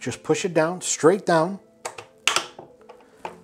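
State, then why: Seated. Someone talks while a DDR5 memory module is pushed straight down into a motherboard DIMM slot. A few small knocks are followed by a sharp click at 2.3 s as the retention clips lock, leaving the module seated and locked in place.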